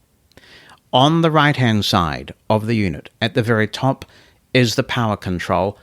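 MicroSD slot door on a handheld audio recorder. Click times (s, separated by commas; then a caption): 0.3 s, 0.4 s. The hinged plastic microSD card-slot door on a Zoom H4essential handheld audio recorder is closed after a microSD card is inserted, snapping shut with two quick faint clicks at 0.3 and 0.4 seconds. Then someone talks.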